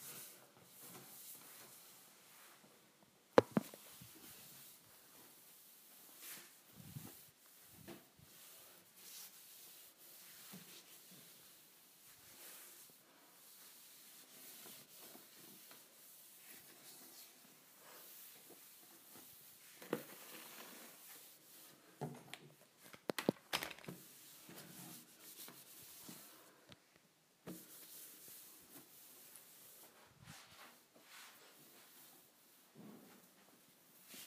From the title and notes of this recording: ASMR Cleaning Kitchen Appliances.